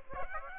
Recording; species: mosquito wingbeat signal from an infrared sensor; Aedes aegypti